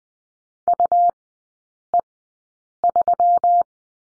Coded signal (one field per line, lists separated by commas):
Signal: Morse code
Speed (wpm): 20 wpm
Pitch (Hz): 700 Hz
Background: none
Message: UE3